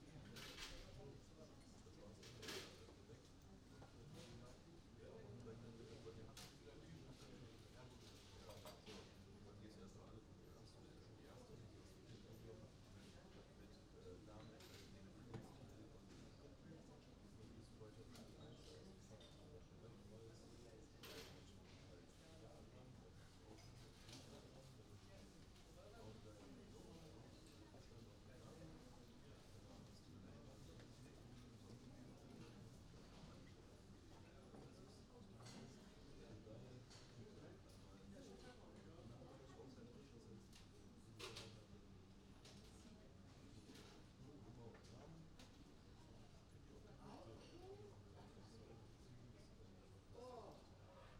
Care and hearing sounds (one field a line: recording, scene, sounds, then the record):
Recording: everyday scene through a hearing-aid microphone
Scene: many people talking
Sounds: many voices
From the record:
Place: university cafeteria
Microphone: in the ear canal, right